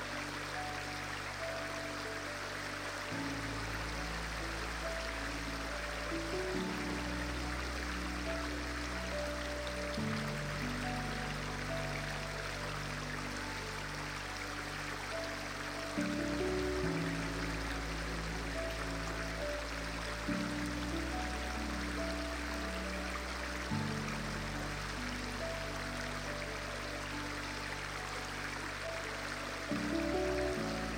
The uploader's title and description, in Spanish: Los Sonidos Relajantes del RÍO y una MÚSICA Relajante. El suave murmullo de los Sonidos Relajantes del Río, armoniosamente unidos a una Música Relajante